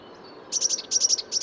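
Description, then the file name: Eurasian blue tit uttering rapid high, thin notes in three tight clusters, loud and clear against a quiet background. "Cyanistes caeruleus"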